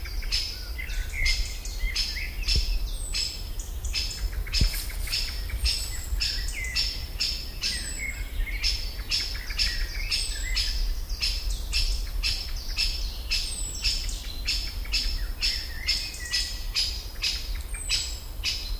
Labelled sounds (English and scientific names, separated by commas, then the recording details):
European Robin (Erithacus rubecula) call
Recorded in the wild
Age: adult
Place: Botanische Anlage Blankenfelde, Berlin, DE
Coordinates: 52.603, 13.4
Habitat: park
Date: 1996-07-07 16:37
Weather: sunny, 18°C
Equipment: Sony MD-WM MZ-R3, Sennheiser MKH 416 T, Kopie Uher 4000 Report Monitor
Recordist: Tembrock, Günter